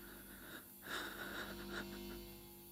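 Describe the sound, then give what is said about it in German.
During a medical examination, a patient takes slow, deep breaths drawn in and pushed out with a faint raspy wheeze, soft and breathy over a low steady hum, with no voices. “Noch einmal. tief atmen.”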